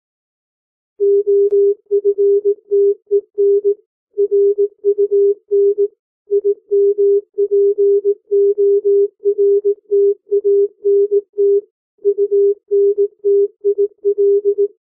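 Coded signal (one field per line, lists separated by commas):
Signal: Morse code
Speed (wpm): 18 wpm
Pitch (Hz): 400 Hz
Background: music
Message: OFTEN RUN IMPORTANT UNTIL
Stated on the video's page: Morse code practice at 15 to 18 WPM character speed for learning to read by ear.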